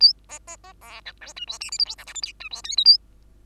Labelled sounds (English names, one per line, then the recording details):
Bengalese Finch song
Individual Bird2